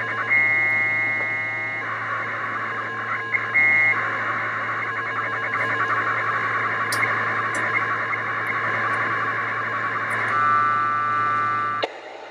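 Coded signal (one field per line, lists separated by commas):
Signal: packet radio (AX.25, as in APRS)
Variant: 1200 baud AFSK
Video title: Qtmm soundcard modem receiving AO-27 telemetry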